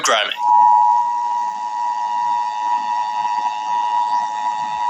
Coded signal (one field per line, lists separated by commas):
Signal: Emergency Alert System (SAME) tones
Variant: 853 and 960 Hz attention tone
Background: speech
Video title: scary emergency alert system